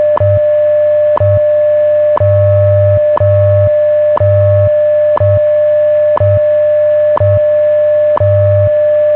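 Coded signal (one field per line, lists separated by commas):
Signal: radio time signal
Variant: WWV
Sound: short ticks once per second over a steady mid tone, with low pulsing hum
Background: radio static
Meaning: Each tick marks one second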